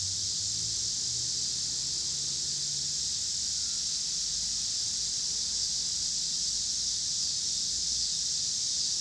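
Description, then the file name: Cicada chorus: a continuous shrill buzz holding level throughout, over soft low traffic hum. Cicadas with passing car traffic in Pittsburgh, Pennsylvania, on 26 August 2023. "2023-08-26 cicadas and cars Pittsburgh PA"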